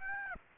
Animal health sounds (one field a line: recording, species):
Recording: mosquito wingbeat signal from an infrared sensor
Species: Aedes aegypti